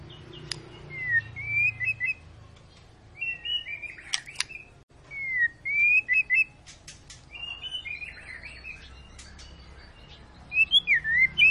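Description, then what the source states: White-rumped shama: songbird singing varied whistled phrases, clear slurred notes and quick twittering runs in short bursts separated by brief pauses. Long lure recording of energetic shama song, played to prompt other birds to sing.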